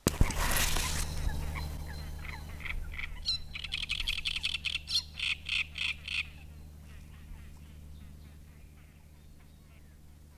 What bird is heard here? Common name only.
Great Reed Warbler